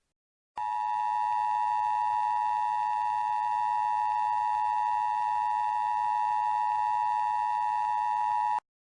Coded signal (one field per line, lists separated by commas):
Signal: Emergency Alert System (SAME) tones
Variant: 853 and 960 Hz attention tone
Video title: EAS Scenario: Northeast Snowstorm of 2018